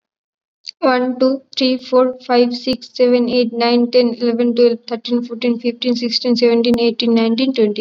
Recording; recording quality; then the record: counting at a fast pace; excellent, no background noise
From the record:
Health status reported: COVID-19 positive, no symptoms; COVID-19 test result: positive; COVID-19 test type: RT-PCR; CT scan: not taken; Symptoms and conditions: none ticked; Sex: female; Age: 18 years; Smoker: no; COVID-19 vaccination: both doses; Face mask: worn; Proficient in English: yes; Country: India